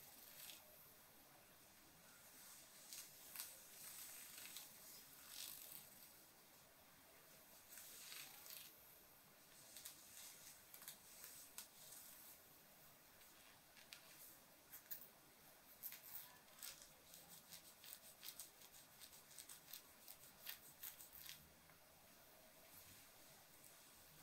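Soft scratches and rustles of fabric, hair and traced jewelry come in irregular bright bursts and clusters over a faint, steady hiss.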